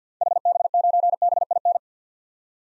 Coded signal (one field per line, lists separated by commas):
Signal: Morse code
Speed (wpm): 50 wpm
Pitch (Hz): 700 Hz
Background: none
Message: HB9BIN